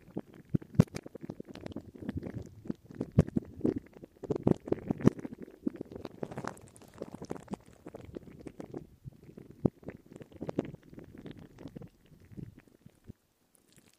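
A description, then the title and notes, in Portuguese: Mouth sounds mix with the rub and scratch of a gloved hand. Wet clicks and pops land every moment over a soft, low rustling, with brighter hissy brushing around the middle, and everything falls quiet shortly before the end. Sons de Boca, Cafuné, Luva.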